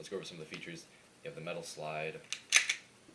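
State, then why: Seated. Someone talks, then the metal slide of a KWA ATP airsoft gas pistol is pulled back with a sharp metallic clack near 2.6 s. The slide catch locks it open with a crisp click at 2.7 s.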